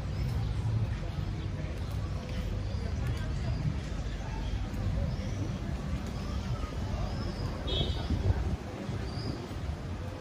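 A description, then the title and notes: A walk through Tel Aviv streets carries a steady low rumble of traffic beneath scattered voices and murmured talk. Faint chirps, likely birds, flicker high up now and then, with one brighter call near the eighth second before the din eases slightly. Street Sounds. Walking In Tel Aviv, Israel.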